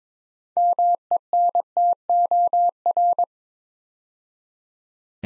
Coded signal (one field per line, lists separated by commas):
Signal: Morse code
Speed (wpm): 22 wpm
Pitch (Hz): 700 Hz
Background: none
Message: MENTOR